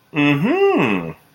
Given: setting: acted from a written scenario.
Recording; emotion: vocal sound without words; realization